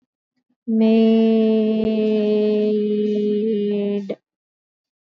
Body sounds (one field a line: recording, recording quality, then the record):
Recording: sustained vowel as in made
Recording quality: excellent, no background noise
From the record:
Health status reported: exposed to COVID-19, no respiratory illness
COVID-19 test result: not tested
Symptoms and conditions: sore throat, muscle pain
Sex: female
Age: 25 years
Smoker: not ticked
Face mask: worn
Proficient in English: yes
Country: India